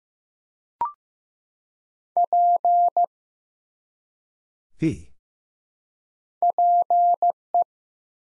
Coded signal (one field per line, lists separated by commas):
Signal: Morse code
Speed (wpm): 15 wpm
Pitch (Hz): 700 Hz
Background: none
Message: P PE